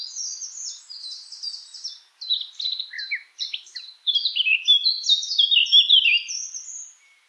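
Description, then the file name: Eurasian blackcap singing a quick, scratchy warble of high notes that grows louder toward the end before stopping. "Sylvia atricapilla"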